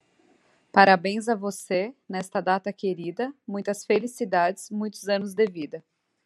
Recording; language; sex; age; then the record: short text; Brazilian Portuguese; female; 30 to 39 years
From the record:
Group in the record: control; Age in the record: 36 years